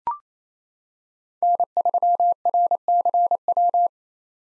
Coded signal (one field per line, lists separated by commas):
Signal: Morse code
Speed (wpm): 27 wpm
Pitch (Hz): 700 Hz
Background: none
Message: N3RCW